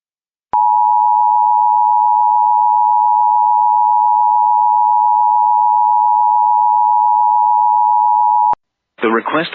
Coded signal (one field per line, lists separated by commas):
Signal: Emergency Alert System (SAME) tones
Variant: 853 and 960 Hz attention tone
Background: speech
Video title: EAS #837 Tennessee Statewide Blue Alert